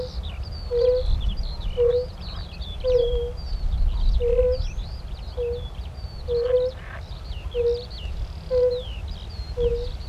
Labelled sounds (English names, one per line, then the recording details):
Fire-Bellied Toad call
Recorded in the wild
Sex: male
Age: adult
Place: Falkenberger Rieselfelder, Barnim, Berlin, DE
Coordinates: 52.5839, 13.5542
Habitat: pond
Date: 1991-06-25 15:50
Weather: bewölkt; Wasser: 23,9°C; Luft: 23,3°C; schwach windig
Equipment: Uher 4400 Report Stereo IC, RFT DM 2415
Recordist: Lindner, Uwe